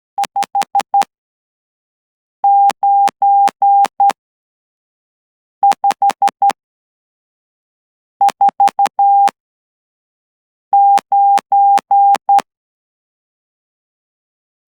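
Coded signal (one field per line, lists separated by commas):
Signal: Morse code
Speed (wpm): 12 wpm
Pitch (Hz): 800 Hz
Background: none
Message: 59549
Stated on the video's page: 12 WPM straight key sending practice for an amateur Morse exam, letters and numbers in 15 groups, using DAFCON SK-600 and another straight key through a CW player interface.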